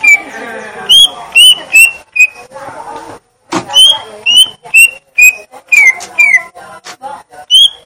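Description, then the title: Greater green leafbird song: clear whistled notes repeated steadily, separated by sharp clicks, with a short pause midway. Song type called "gledek", meaning thunder. "Cucak Ijo Suara Gledek"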